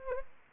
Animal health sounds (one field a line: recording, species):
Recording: mosquito wingbeat signal from an infrared sensor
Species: Anopheles gambiae